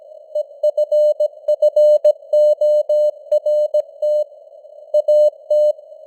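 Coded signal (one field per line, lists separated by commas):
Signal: Morse code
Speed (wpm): 17 wpm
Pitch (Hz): 600 Hz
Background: none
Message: EFFORT AT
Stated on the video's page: News headlines in Morse at 17 wpm with simulated radio noise and fading (QSB).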